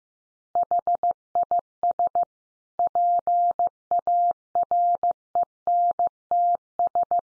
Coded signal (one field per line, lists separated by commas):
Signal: Morse code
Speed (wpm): 15 wpm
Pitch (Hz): 700 Hz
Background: none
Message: HIS PARENTS